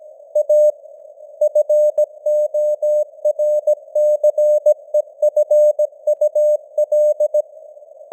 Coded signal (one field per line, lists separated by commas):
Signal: Morse code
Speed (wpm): 17 wpm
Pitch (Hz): 600 Hz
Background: none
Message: A FORCEFUL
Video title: Morse Code News | 2025-12-03 | 17wpm